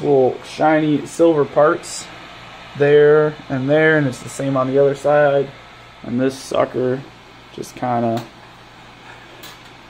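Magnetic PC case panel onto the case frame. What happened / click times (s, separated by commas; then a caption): Panel handled, no seating knock yet / none. A magnetic side/top panel of a Loque Ghost S1 PC case, held on by magnets at all four corners, is handled over the case frame while someone talks over a steady low background hum. The clip ends before the panel is pressed on, so nothing has seated or clicked yet.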